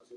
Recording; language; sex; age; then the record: short text; Brazilian Portuguese; male; 50 to 59 years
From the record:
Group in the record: control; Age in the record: 52 years